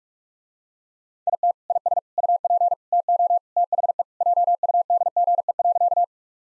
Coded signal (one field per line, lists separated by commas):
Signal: Morse code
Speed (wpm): 43 wpm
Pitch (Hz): 700 Hz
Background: none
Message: IT IS UP TO THE JUDGE.